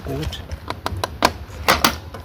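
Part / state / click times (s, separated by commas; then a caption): shoe cleat into clipless bicycle pedal / seated / 1.2 s, 1.9 s. A cycling shoe's cleat is pressed into a clipless bicycle pedal until it locks into the middle of the pedal and won't come open. Someone talks at the start, then a series of sharp clicks follows, with the cleat locking in at 1.2 s and 1.9 s.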